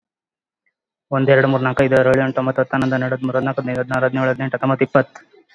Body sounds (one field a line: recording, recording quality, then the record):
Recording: counting at a fast pace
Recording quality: excellent, no background noise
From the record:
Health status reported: COVID-19 positive, mild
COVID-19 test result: positive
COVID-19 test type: RT-PCR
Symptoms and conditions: cough, cold, breathing difficulty, fever, fatigue, loss of smell and taste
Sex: male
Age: 35 years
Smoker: no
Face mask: worn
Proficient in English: yes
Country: India